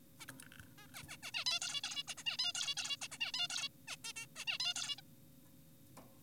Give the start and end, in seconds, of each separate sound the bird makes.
0.20-0.26, 0.78-0.87, 0.94-1.03, 1.08-1.17, 1.23-1.32, 1.34-1.45, 1.46-1.60, 1.62-1.81, 1.84-2.03, 2.08-2.14, 2.18-2.24, 2.26-2.37, 2.39-2.52, 2.55-2.74, 2.77-2.96, 3.02-3.08, 3.12-3.18, 3.21-3.32, 3.34-3.48, 3.50-3.68, 3.88-3.96, 4.04-4.13, 4.16-4.26, 4.36-4.45, 4.48-4.58, 4.60-4.74, 4.76-4.96, 4.98-5.01